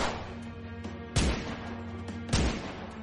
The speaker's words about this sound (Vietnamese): Ông Kỳ bóp cò nổ súng, bắn liên tiếp vào người lão Trực 3 phát đạn.